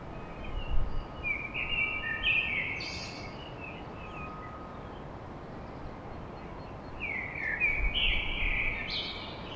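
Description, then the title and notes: Common blackbird giving two rich, fluty song phrases with scratchy high flourishes, separated by a pause of a few seconds, over a continuous low hum of noise. Recorded at dawn in Paris. "Blackbird Poetry At Paris On. Enregistrement d'un chant de merle à l'aube dans Paris"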